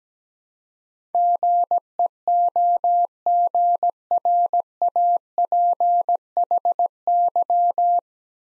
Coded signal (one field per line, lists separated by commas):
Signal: Morse code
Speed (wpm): 17 wpm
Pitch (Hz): 700 Hz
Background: none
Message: GEOGRAPHY